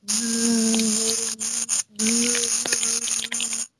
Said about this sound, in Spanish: ¿Qué es eso? ¡Qué velocidad! Eran las abejas trabajando.